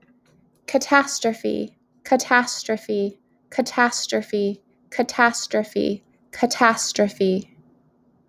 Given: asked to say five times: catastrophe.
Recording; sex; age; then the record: repeated word; female; 30 to 39 years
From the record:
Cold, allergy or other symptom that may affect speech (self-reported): no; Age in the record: 31 years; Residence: Massachusetts, United States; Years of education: 15